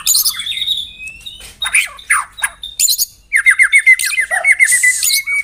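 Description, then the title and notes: White-rumped shama singing rasping and whistled notes, then a fast series of repeated clipped notes. Lure sound. "Pikat Murai Batu Durasi Panjang. Burung Murai Batu"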